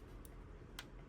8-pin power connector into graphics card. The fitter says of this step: Yun, hanggang mag-click yung lock.